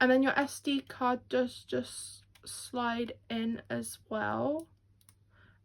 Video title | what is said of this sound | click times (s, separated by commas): Sony ZV-1 Unboxing - The best vlogging camera! 📷 ( Is it the best camera for content creators?) | and again you should hear a little click for the SD card to keep it shut you do just flip | 5.1 s